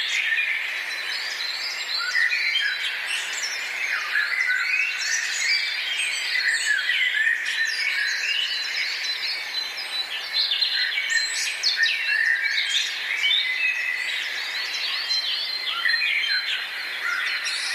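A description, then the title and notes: Many birds sing and chirp at once in a forest, their calls overlapping into a dense, bright chorus that never pauses across the whole stretch. Quick trills and short whistles pile on top of each other at a steady level, with almost nothing in the low end. Sounds of nature. Live in forest.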